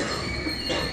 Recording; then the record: coughing mixed with background sound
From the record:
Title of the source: female coughing - coughing sound effects girl